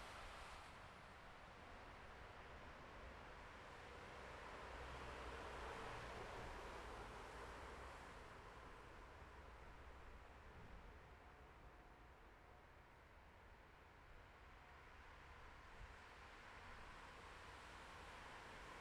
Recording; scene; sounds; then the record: everyday scene through a hearing-aid microphone; in traffic; traffic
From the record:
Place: bus stop on a city main road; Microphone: behind the ear, left, rear